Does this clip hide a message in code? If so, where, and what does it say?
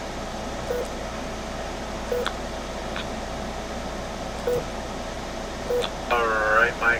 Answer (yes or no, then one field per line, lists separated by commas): no